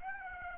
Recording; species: mosquito wingbeat signal from an infrared sensor; Aedes aegypti